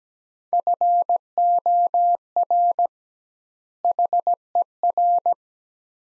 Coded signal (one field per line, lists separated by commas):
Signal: Morse code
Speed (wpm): 17 wpm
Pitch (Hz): 700 Hz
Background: none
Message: FOR HER